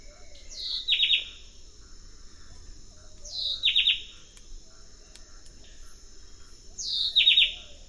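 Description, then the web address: White-breasted wood-wren singing a short phrase three times, a falling whistled slur dropping into three or four quick notes, against a constant high insect hum. Eastern lowlands of South America. "Natures Songs S America Eastern Lowlands. White-breasted Wood-Wren"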